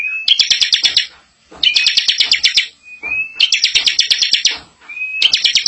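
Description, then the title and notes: Bar-winged prinia song: loud buzzy stuttering trills in several bursts, most starting with a quick rising whistle, separated by brief gaps. Bar-winged prinia singing in the 'ngebren' style, used as a tutor recording for training white-rumped shamas. "Ciblek Ngebren Untuk Masteran Murai Batu. Suara burung ciblek"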